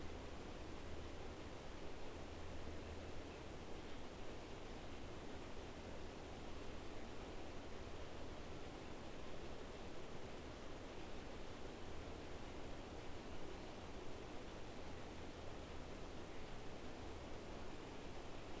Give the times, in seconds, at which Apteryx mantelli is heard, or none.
none